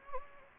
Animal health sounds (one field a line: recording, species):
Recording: mosquito wingbeat signal from an infrared sensor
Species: Anopheles gambiae